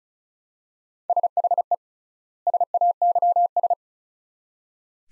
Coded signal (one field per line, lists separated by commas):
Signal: Morse code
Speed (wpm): 34 wpm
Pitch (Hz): 700 Hz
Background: none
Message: SHE SAYS